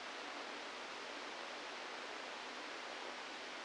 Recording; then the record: brain microelectrode recording played as sound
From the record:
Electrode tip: outside the subthalamic nucleus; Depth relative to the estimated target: 3 mm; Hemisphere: left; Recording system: NeuroSet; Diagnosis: Parkinson's disease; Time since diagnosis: 17 years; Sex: male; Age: 64 years